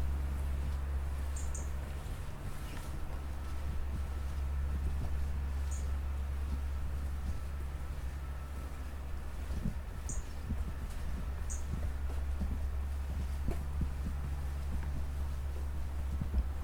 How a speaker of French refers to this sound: Guidé par le doux gazouillis des moineaux, le brouhaha urbain semble s'estomper peu à peu.